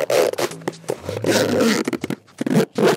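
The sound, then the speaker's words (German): A zipper is pulled back and forth several times, making loud raspy bursts, short quick zips alternating with one longer, drawn-out pull. No one speaks. “Eigentlich ganz einfach, das ist ein Reißverschluss.”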